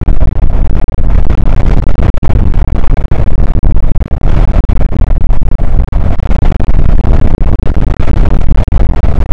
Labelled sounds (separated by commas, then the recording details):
wind
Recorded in the Prudhoe Bay oil fields, Alaska, on 8 May 2019 at 00:01
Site 24